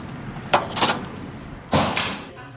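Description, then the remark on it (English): A sharp mechanical click from a door lock at a detective agency office in California, then a quick rattle of the handle, followed by a louder clunk and a rushing scrape as the heavy door is pulled open. “Oh, okay, when you hear the door click, go ahead and pull.”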